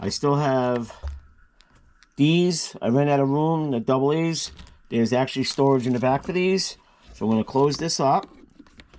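Someone talks while handling a plastic Battery Daddy battery storage case, setting aside leftover AA batteries for the storage space in the back before closing the lid. Faint brief taps are heard near 1.6 and 2.0 seconds, and a few soft ticks come near the end. The lid latch has not yet snapped into the case body; nothing has clicked shut yet.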